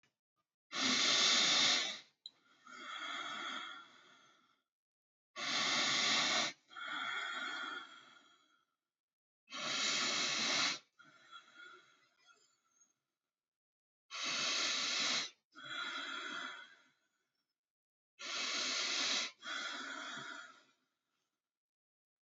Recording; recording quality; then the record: deep breathing; excellent, no background noise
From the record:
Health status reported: healthy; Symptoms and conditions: hypertension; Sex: male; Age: 35 years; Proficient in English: yes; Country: Canada